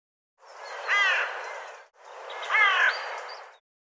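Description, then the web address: Bird giving two rasping calls with sweeping, bent harmonics, each swelling and fading, one after the other. "cianscape birddata"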